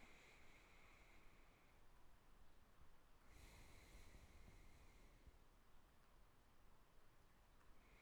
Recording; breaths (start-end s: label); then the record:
nose breathing near a microphone
0.00-1.93 s: inhalation
3.21-5.88 s: exhalation
7.57-8.02 s: inhalation
From the record:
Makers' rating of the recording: good